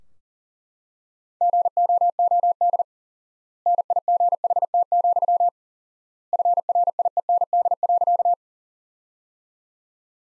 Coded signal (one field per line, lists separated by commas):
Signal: Morse code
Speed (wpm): 40 wpm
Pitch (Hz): 700 Hz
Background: none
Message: GOOD NIGHT, FRIEND.